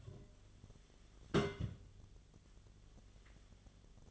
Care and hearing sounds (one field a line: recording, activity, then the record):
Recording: daily activity, microphone in the room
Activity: place on stove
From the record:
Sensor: 4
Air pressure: 1010.9 hPa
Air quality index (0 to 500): 166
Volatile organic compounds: 4 ppm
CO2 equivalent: 1685 ppm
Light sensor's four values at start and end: 41/117/47/48 and 41/117/47/48